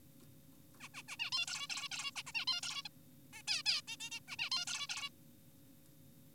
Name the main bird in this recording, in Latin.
Taeniopygia guttata